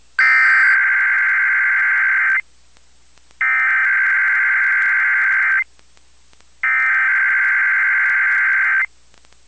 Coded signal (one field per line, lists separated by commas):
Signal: Emergency Alert System (SAME) tones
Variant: header bursts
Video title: Albany, NY Required Monthly Test (4/4/23)